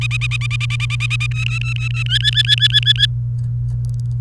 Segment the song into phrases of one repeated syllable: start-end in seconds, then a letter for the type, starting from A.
0.01-1.27 A, 1.31-2.03 B, 2.06-3.06 C